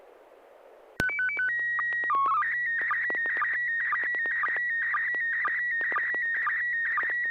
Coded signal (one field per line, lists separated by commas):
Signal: SSTV (slow-scan television)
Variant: PD 120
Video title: N6NA SSTV Net - 11/26/2025